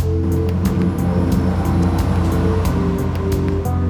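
Steady low rumble and droning hum inside a moving Romancecar VSE express train carriage, with faint, regularly spaced clicks ticking over the noise. No one speaks.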